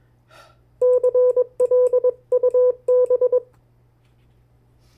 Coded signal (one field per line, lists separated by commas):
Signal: Morse code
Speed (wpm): 21 wpm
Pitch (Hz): 500 Hz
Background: none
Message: CLUB